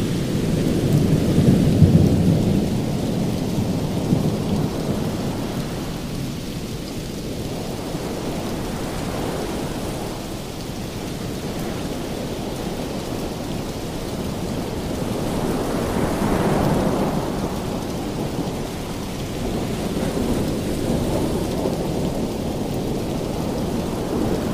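Steady rain hisses across the whole scene while low, rolling thunder rumbles through, swelling near the start and again around sixteen seconds. The deep roar stays dense and continuous, with no sharp cracks, suggesting thunder over a constant wash of water.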